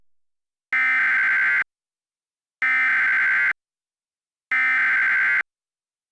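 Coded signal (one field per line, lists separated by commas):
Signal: Emergency Alert System (SAME) tones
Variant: header bursts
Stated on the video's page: Fictional EAS scenario; tones made with a tone-maker program.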